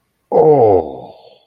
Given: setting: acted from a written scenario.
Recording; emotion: vocal sound without words; awe